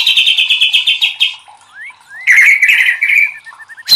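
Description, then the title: White-rumped shama song: a fast run of buzzy repeated notes, then two rising whistled slurs and a burst of chattering phrases ending in a sharp note. Training song (masteran) for caged birds. "MASTERAN MURAI BATU LABAIK"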